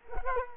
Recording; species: mosquito wingbeat signal from an infrared sensor; Culex quinquefasciatus